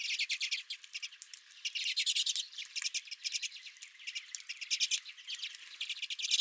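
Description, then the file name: Redpolls twittering almost continuously, a busy overlapping chatter of quick high notes. Redpolls at the recordist's feeder. "Redpolls at My Feeder"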